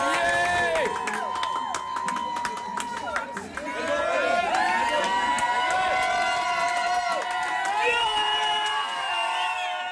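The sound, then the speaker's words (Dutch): A race crowd roars and cheers continuously during the final lap, with shrill whistles and whoops cutting through a dense wall of voices and scattered clapping that swells again after a brief dip. “Ja, kijk, daar hoor je het publiek al.”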